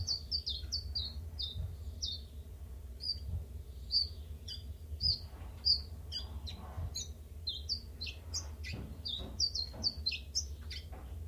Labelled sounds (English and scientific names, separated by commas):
Common Chiffchaff (Phylloscopus collybita)